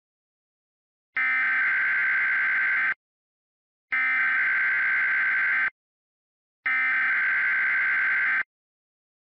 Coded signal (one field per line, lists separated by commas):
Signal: Emergency Alert System (SAME) tones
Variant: header bursts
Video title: EAS - We finally have another mock